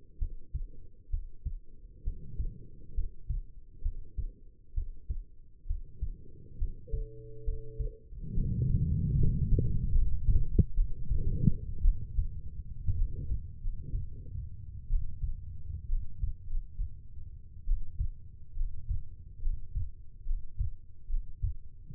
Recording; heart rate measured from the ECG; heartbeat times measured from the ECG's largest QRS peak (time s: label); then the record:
heart sounds by stethoscope; 66 bpm
0.18 s: heartbeat
1.10 s: heartbeat
2.03 s: heartbeat
2.94 s: heartbeat
3.82 s: heartbeat
4.74 s: heartbeat
5.66 s: heartbeat
6.58 s: heartbeat
7.44 s: heartbeat
8.33 s: heartbeat
9.15 s: heartbeat
9.91 s: heartbeat
10.74 s: heartbeat
11.81 s: heartbeat
12.95 s: heartbeat
13.60 s: heartbeat
14.88 s: heartbeat
15.87 s: heartbeat
16.46 s: heartbeat
17.65 s: heartbeat
18.55 s: heartbeat
19.41 s: heartbeat
20.24 s: heartbeat
21.08 s: heartbeat
21.92 s: heartbeat
From the record:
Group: healthy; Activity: rest 0-8 s, Valsalva maneuver 8-22 s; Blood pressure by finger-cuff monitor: 108/69 mmHg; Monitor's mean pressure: 80 mmHg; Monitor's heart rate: 65 bpm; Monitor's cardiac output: 5.4 L/min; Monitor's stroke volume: 79 mL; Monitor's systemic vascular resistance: 1060 dyn s/cm5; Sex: female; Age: 22 years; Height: 171 cm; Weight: 65.6 kg